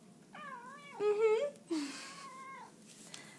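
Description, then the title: Cat meowing, several drawn-out wavering meows, the middle ones loudest. Very talkative cat. "The most talkative kitty on the planet"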